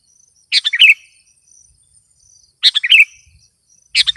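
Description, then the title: Sooty-headed bulbul giving quick bubbly phrases of four or five notes at uneven intervals, with a faint high drone. "kutilang"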